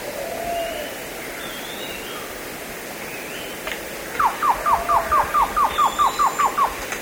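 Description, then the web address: Cocha antshrike song, a series of about a dozen evenly paced, falling notes in the second half, preceded by soft whistles. South America, eastern lowlands. "Natures Songs S America Eastern Lowlands. Cocha Antshrike"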